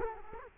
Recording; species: mosquito wingbeat signal from an infrared sensor; Culex quinquefasciatus